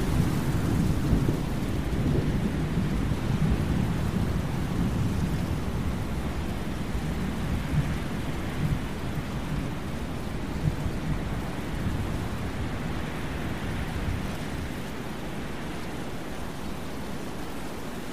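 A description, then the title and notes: A thunderstorm with wind, heard as a dense, steady roar weighted toward the low end, with a faint crackle of rain higher up. A deep rumble swells in the first few seconds, then the sound eases slightly and stays even through the end. Thunderstorm Sounds. Wind White Noise.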